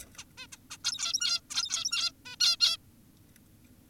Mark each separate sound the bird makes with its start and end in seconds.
0.18-0.25, 0.38-0.47, 0.52-0.58, 0.71-0.78, 0.84-1.41, 1.50-2.12, 2.26-2.36, 2.40-2.57, 2.60-2.77